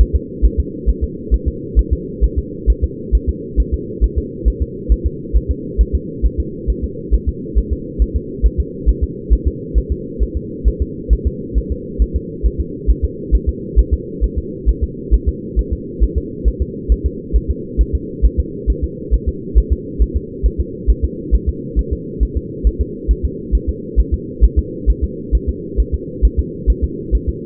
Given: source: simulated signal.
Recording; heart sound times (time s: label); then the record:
fetal heart sounds
0.01 s: S1
0.16 s: S2
0.45 s: S1
0.60 s: S2
0.89 s: S1
1.04 s: S2
1.34 s: S1
1.48 s: S2
1.79 s: S1
1.93 s: S2
2.24 s: S1
2.39 s: S2
2.70 s: S1
2.84 s: S2
3.15 s: S1
3.29 s: S2
3.60 s: S1
3.74 s: S2
4.04 s: S1
4.18 s: S2
4.48 s: S1
4.62 s: S2
4.92 s: S1
5.07 s: S2
5.37 s: S1
5.51 s: S2
5.81 s: S1
5.95 s: S2
6.26 s: S1
6.40 s: S2
6.70 s: S1
6.84 s: S2
7.14 s: S1
7.29 s: S2
7.58 s: S1
7.73 s: S2
8.02 s: S1
8.16 s: S2
8.46 s: S1
8.60 s: S2
8.89 s: S1
9.04 s: S2
9.33 s: S1
9.48 s: S2
9.78 s: S1
9.92 s: S2
10.23 s: S1
10.37 s: S2
10.68 s: S1
10.82 s: S2
11.13 s: S1
11.27 s: S2
11.58 s: S1
11.72 s: S2
12.02 s: S1
12.16 s: S2
12.46 s: S1
12.61 s: S2
12.90 s: S1
13.05 s: S2
13.35 s: S1
13.49 s: S2
13.79 s: S1
13.94 s: S2
14.24 s: S1
14.39 s: S2
14.69 s: S1
14.84 s: S2
15.14 s: S1
15.29 s: S2
15.59 s: S1
15.73 s: S2
16.03 s: S1
16.18 s: S2
16.48 s: S1
16.62 s: S2
16.92 s: S1
17.06 s: S2
17.36 s: S1
17.51 s: S2
17.81 s: S1
17.95 s: S2
18.25 s: S1
18.40 s: S2
18.70 s: S1
18.84 s: S2
19.14 s: S1
19.29 s: S2
19.58 s: S1
19.73 s: S2
20.02 s: S1
20.17 s: S2
20.46 s: S1
20.61 s: S2
20.90 s: S1
21.05 s: S2
21.34 s: S1
21.49 s: S2
21.79 s: S1
21.93 s: S2
22.23 s: S1
22.37 s: S2
22.67 s: S1
22.81 s: S2
23.11 s: S1
23.25 s: S2
23.55 s: S1
23.69 s: S2
24.00 s: S1
24.14 s: S2
24.44 s: S1
24.59 s: S2
24.90 s: S1
25.04 s: S2
25.35 s: S1
25.49 s: S2
25.80 s: S1
25.95 s: S2
26.25 s: S1
26.39 s: S2
26.70 s: S1
26.84 s: S2
27.15 s: S1
27.29 s: S2
From the record:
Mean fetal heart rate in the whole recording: 135 bpm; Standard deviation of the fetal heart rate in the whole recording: 3 bpm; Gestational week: 34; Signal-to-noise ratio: -4.1 dB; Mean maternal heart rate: no maternal heart sound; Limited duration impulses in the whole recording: absent